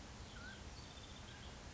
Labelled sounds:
Mountain Quail

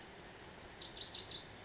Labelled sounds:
Lazuli Bunting

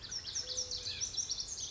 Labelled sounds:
Pacific Wren

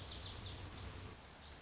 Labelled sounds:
Lazuli Bunting

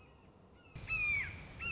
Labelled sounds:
Red-shouldered Hawk

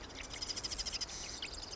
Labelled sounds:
Marsh Wren

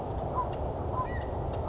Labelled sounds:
California Quail

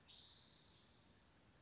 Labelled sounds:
Spotted Towhee

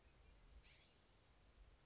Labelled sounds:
California Scrub-Jay

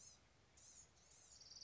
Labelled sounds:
Blue-gray Gnatcatcher

